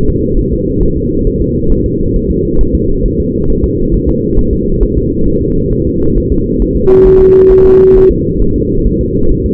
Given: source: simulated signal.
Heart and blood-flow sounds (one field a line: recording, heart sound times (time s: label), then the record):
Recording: fetal heart sounds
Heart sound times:
0.10 s: S2
0.39 s: S1
0.53 s: S2
0.83 s: S1
0.97 s: S2
1.27 s: S1
1.41 s: S2
1.72 s: S1
1.86 s: S2
2.16 s: S1
2.31 s: S2
2.61 s: S1
2.75 s: S2
3.06 s: S1
3.20 s: S2
3.50 s: S1
3.64 s: S2
3.94 s: S1
4.09 s: S2
4.39 s: S1
4.53 s: S2
4.83 s: S1
4.97 s: S2
5.28 s: S1
5.42 s: S2
5.73 s: S1
5.87 s: S2
6.18 s: S1
6.32 s: S2
6.62 s: S1
6.77 s: S2
7.07 s: S1
7.21 s: S2
7.52 s: S1
7.66 s: S2
7.97 s: S1
8.11 s: S2
8.42 s: S1
8.56 s: S2
8.87 s: S1
9.01 s: S2
9.31 s: S1
9.46 s: S2
From the record:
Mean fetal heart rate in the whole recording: 135 bpm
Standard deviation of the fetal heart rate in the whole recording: 3 bpm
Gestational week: 36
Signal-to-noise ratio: -16.4 dB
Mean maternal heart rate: 72 bpm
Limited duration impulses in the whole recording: present